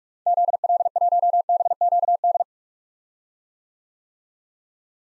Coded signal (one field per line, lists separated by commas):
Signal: Morse code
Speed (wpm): 46 wpm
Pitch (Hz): 700 Hz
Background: none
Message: ZL1BQD